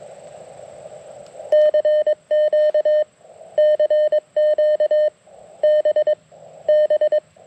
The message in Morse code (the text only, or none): CQ CQ BB